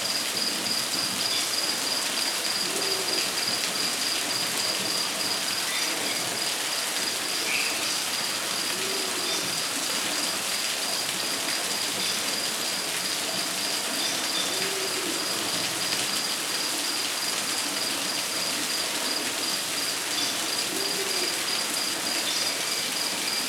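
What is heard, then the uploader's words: Rainforest ambience with a dense, steady hiss like rain, soft low hooting calls every few seconds, and a faint high insect whine. Relaxing Rainforest Ambient Noise.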